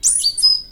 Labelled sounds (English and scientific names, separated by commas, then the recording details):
Stitchbird (Notiomystis cincta) song
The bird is a male
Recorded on Tiritiri Matangi Island, New Zealand, in 2005
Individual 11, of nest box 13